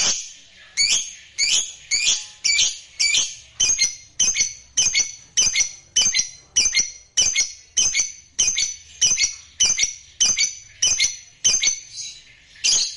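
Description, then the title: Lovebird calls: harsh, sharp high chirps repeated steadily about every half second to a second throughout. Lovebird sound used to stimulate lovebirds. "Suara Lovebird"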